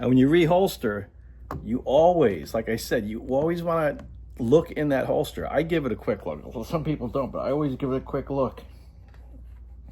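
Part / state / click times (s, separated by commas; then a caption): pistol into level two retention holster / not seated / none. A Glock 26 compact pistol is being reholstered into a level two retention OWB paddle holster worn at the 1 to 2 o'clock position, after a quick look into the holster. Someone talks throughout, with only faint handling noise near the end. The pistol has not yet snapped into the retention holster, and nothing has seated or clicked yet.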